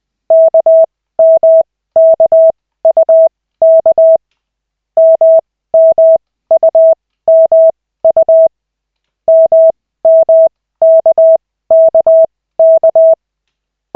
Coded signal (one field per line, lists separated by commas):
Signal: Morse code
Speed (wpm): 20 wpm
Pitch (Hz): 650 Hz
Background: none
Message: KMKUK MMUMU MMKKK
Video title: Koch 2/40, 11.12.2024, 4th CW practice session